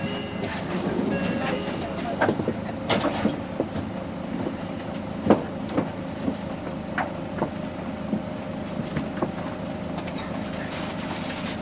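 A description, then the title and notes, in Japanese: A city bus engine drones with a steady low rumble and hum, overlaid by scattered clicks and rattles throughout, recorded from inside. 都バス エンジン音。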